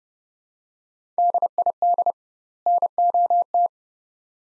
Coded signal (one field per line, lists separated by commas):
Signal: Morse code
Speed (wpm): 29 wpm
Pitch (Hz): 700 Hz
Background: none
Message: DID NOT